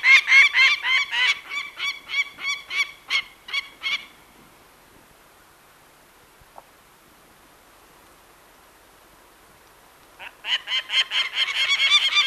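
Peregrine falcon uttering fast, grating kak notes for about four seconds, then a long quiet gap before the rapid harsh series starts again near the end.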